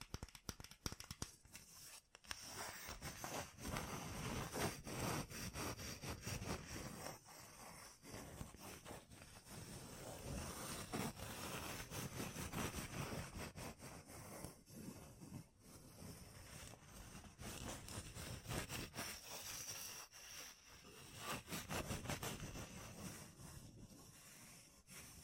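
Fingertips covered in gems tap and scratch in a dense, continuous stream of rough scraping with quick ticking hits throughout. The texture is gritty and full, reaching from low rumble to bright crackle, and it swells and eases in waves, with brief quieter dips around 2, 8, and 20 seconds.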